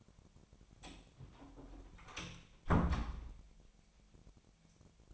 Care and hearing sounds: daily activity, microphone in the room; close door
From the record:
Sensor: 1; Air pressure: 1007.4 hPa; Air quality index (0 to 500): 198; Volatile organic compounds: 19 ppm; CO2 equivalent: 2667 ppm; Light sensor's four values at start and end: 13/34/14/15 and 13/33/13/15

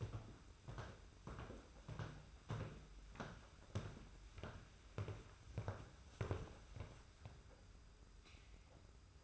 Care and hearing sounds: daily activity, microphone in the room; walk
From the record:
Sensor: 2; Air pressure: 991.5 hPa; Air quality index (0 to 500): 188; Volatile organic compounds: 1000 ppm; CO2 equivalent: 6131 ppm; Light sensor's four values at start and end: 30/91/36/34 and 21/67/26/26

